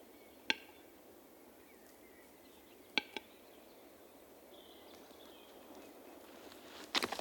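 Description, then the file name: Western capercaillie giving sharp, dry snapping clicks: a single one, then a quick double click, then a cluster of clicks at the end. Snapping sounds of the bird. "Digiffects Sound Effects Library - Capercaillie Bird Snapping"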